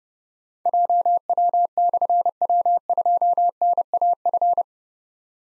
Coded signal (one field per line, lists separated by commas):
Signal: Morse code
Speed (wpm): 30 wpm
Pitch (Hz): 700 Hz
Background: none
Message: JW/W2NAF